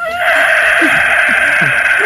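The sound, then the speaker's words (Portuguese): A person's voice imitates a suffering pig, letting out one loud, strained, high-pitched squeal that holds steady for about two seconds, shrill and wavering like a pained grunt stretched into a wail. “Como é que é, …, quando tu sofre?”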